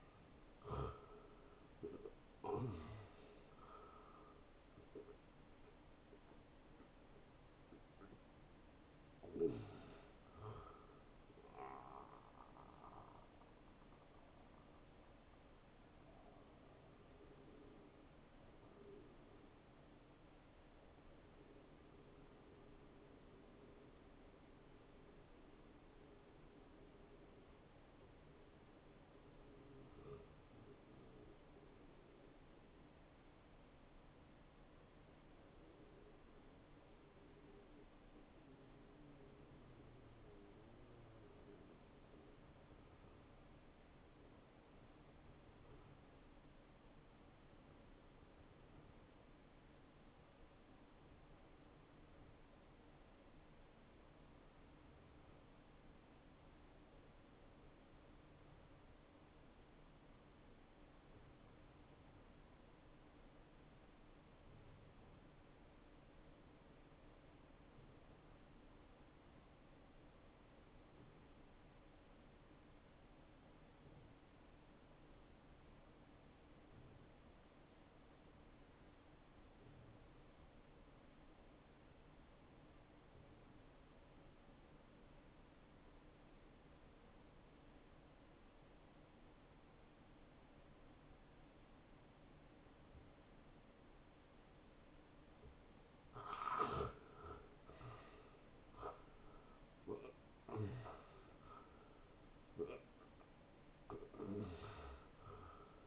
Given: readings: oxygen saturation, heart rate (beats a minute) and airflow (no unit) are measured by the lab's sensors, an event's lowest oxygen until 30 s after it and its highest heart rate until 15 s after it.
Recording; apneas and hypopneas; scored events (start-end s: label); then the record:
breathing in sleep by a voice recorder at the bedside; 1
18.00-94.10 s: obstructive apnea (N2, oxygen 98% highest, then 85% lowest, heart rate 68 at the start, 80 highest)
From the record:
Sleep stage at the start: N2 (light sleep); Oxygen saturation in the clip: 85 to 98%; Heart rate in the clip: 57 to 83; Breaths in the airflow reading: 6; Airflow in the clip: -16.9 to 8.6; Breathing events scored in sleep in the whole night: 263 in 5.5 hours asleep